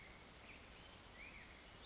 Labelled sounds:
Black-headed Grosbeak (Pheucticus melanocephalus)
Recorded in Sonoma County, California

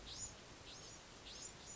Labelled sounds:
Bewick's Wren (Thryomanes bewickii)
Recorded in Sonoma County, California

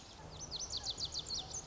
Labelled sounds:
Pacific Wren (Troglodytes pacificus)
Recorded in Sonoma County, California

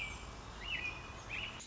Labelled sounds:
American Robin (Turdus migratorius)
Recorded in Sonoma County, California

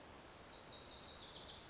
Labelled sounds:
Wilson's Warbler (Cardellina pusilla)
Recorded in Sonoma County, California

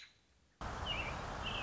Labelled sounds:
American Robin (Turdus migratorius)
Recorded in Sonoma County, California

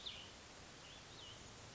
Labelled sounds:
Cassin's Vireo (Vireo cassinii)
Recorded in Sonoma County, California

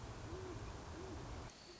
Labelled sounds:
Great Horned Owl (Bubo virginianus)
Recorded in Sonoma County, California

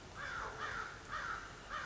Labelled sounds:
American Crow (Corvus brachyrhynchos)
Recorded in Sonoma County, California

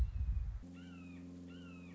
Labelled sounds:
Red-shouldered Hawk (Buteo lineatus)
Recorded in Sonoma County, California

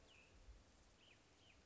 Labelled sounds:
Cassin's Vireo (Vireo cassinii)
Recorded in Sonoma County, California

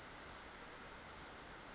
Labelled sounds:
Western Flycatcher (Empidonax difficilis)
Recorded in Sonoma County, California

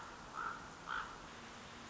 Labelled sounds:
Common Raven (Corvus corax)
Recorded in Sonoma County, California

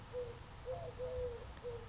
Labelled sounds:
Eurasian Collared Dove (Streptopelia decaocto)
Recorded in Sonoma County, California

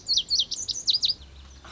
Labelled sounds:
Lazuli Bunting (Passerina amoena)
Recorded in Sonoma County, California

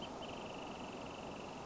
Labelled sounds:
Wrentit (Chamaea fasciata)
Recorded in Sonoma County, California

